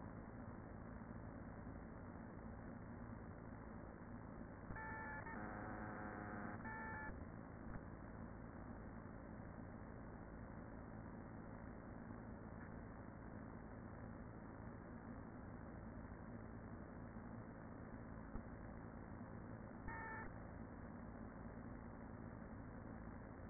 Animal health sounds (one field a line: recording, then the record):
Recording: honeybee colony, microphone inside the hive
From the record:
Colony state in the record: queen present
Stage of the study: after two queens were removed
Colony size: about 40,000 bees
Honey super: no